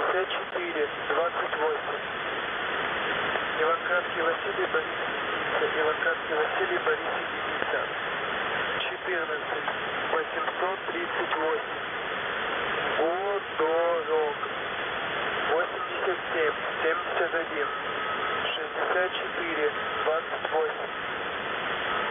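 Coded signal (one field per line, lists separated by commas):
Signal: coded military voice message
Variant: The Pip, Russian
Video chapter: 00:18 - ЙВБ1 14838 ГОДОРОГ 8771 6428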